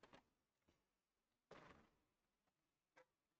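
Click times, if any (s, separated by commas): 1.5 s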